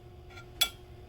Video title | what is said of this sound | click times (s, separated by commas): Stevens 555 Ejector Removal | and then just push it straight in till it clicks. | 0.6 s